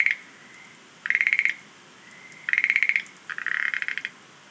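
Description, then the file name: Schlegel's green tree frog producing three rapid clicking trills joined by a faint thin tone, the last one longer and hoarser. "rodolphe alexis - rhacophorus schlegelii"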